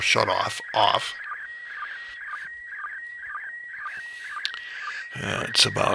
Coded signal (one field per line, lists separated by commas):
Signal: SSTV (slow-scan television)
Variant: PD 120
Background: speech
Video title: Live ISS SSTV pass